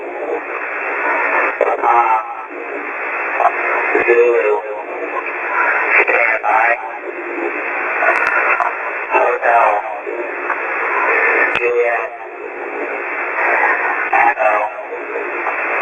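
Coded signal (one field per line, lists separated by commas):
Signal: coded military voice message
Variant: English, NATO phonetic alphabet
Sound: a voice reading steadily over a narrow, hissy shortwave radio channel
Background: radio static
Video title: HF GCS EAM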